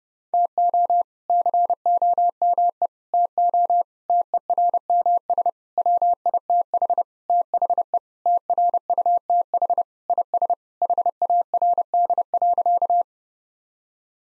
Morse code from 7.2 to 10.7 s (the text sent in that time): THE TRUTH IS